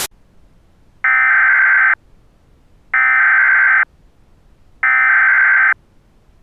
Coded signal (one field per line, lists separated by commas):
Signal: Emergency Alert System (SAME) tones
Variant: header bursts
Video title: EAS Mockup - Snowy Springfield